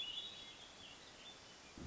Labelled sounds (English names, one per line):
Hermit Thrush